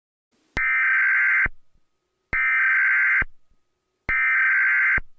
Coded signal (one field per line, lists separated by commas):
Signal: Emergency Alert System (SAME) tones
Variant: header bursts